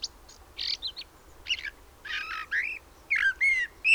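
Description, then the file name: Common blackbird making a few buzzy chirps followed by short, rising whistled notes, sparse and irregular. "Turdus merula"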